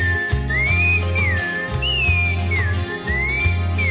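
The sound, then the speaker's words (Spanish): A person whistles an imitation of a thrush's song, a bright, warbling line that glides up and down in looping phrases over a deep, pulsing low accompaniment. “Canta el zorzal.”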